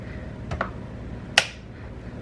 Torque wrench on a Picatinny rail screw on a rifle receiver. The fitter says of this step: and do you hear that click and then you're gonna skip